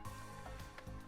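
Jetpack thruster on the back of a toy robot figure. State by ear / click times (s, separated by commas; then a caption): not seated / none. The jetpack thruster pieces on the back of a plastic Jakks Pacific Giant Eggman Robot toy figure from the Sonic the Hedgehog Battle Set are moved downward by hand, giving soft handling noises over a steady tonal background, with a brief sharp tick at 0.8 s. Nothing has seated or clicked into place yet.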